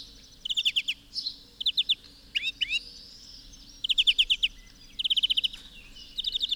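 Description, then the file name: European greenfinch: quick metallic trilled bursts, a couple of upward-sweeping notes in the middle, then more rapid ticking series, steady low hum behind. "Chloris chloris"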